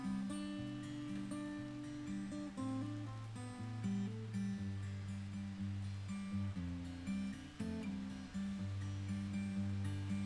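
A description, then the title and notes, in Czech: Steady rain hisses throughout while a guitar plays in the background, its low notes and chords shifting every second or so in an unhurried pattern. The rain stays even and dense, with small soft taps scattered across the whole ten seconds. Zvuk deště s hrající kytarou v pozadí.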